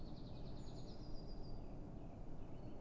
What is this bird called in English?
Eurasian Blue Tit